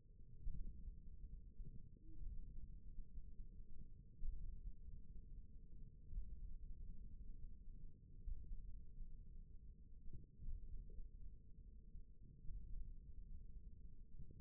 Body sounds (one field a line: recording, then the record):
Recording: forearm muscle sounds (acoustic myography)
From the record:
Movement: thumb flexion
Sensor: system 1, eight BSWA MPA416 microphones around the upper forearm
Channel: 1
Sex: male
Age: 41 years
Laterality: right